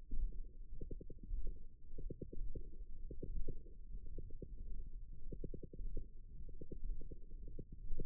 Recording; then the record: forearm muscle sounds (acoustic myography)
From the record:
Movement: radial deviation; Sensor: system 1, eight BSWA MPA416 microphones around the upper forearm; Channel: 2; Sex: female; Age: 22 years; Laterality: right